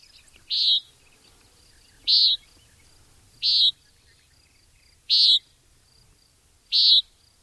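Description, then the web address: Common nighthawk giving short, nasal, buzzy peent calls, five in a row, spaced about one and a half seconds apart. "Thumbs Plus Zoo Field Guide Repository"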